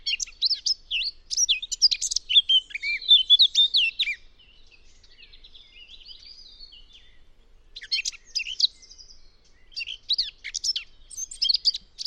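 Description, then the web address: Eurasian blackcap song: bursts of rich, fast warbling with squeaky and fluty notes, a quieter stretch of soft twittering in the middle, then more energetic warbled phrases. "cianscape birddata Deverinetal 2025"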